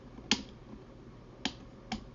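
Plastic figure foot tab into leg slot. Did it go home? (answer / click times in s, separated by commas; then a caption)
yes / 0.3 s, 1.5 s. During transformation of a plastic Transformers Generations Selects Turtler action figure, the feet are rotated down and in so their tabs clip into slots on the legs. Two sharp snaps are heard at 0.3 s and 1.5 s, followed by a softer third snap at 1.9 s, against a quiet background. The foot tabs seat into place.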